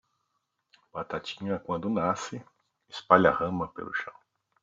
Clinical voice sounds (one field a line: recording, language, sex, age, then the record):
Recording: short text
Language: Brazilian Portuguese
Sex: male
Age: 50 to 59 years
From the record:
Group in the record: control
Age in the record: 56 years